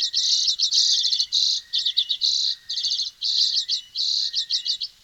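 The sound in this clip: Bird song in fast, dense trilled bursts repeated with brief pauses, with a faint lower whistle sliding beneath some phrases.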